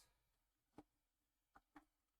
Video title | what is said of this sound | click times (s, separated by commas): Build The Delorean Issue 47 | i'm going to flip it over and that's a nice satisfying click | 1.6 s, 1.8 s